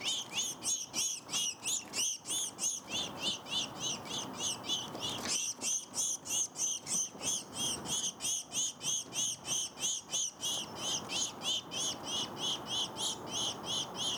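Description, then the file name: House sparrow chirping, a steady run of short, bright cheeps repeated about three times a second, with only a brief break near the middle. "Passer domesticus"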